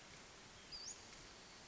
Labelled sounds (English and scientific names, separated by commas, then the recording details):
Western Flycatcher (Empidonax difficilis)
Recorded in Sonoma County, California